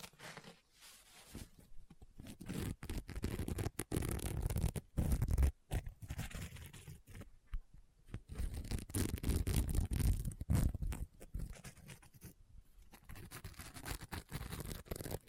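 Tapping, scratching and page turning on a book, with dense bursts of scraping and rustling that start and stop irregularly throughout. The sounds are mostly low and papery, broken by frequent short gaps and quick taps, with louder scratchy stretches around five and ten seconds.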